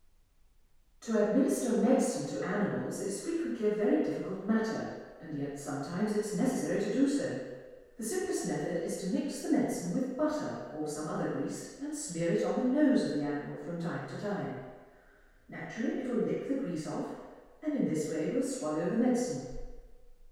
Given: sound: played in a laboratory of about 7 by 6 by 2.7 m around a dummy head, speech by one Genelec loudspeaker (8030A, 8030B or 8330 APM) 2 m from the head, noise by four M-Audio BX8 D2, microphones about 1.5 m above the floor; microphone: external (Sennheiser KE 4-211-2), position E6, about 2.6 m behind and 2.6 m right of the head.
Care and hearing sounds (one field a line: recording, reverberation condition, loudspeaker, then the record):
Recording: female speech in English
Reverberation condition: high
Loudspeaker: 60 degrees to the right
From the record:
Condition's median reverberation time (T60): about 1300 ms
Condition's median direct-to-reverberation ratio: about -4.0 dB